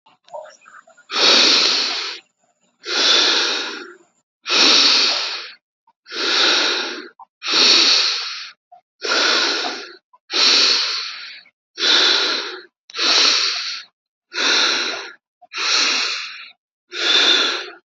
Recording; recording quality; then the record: deep breathing; excellent, no background noise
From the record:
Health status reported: healthy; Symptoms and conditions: diabetes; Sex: male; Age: 48 years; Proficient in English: yes